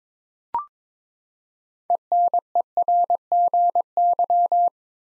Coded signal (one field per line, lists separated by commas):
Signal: Morse code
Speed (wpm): 22 wpm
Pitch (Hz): 700 Hz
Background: none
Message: ENERGY